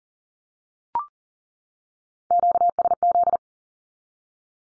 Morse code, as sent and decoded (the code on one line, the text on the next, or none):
--.- ... --..
QSZ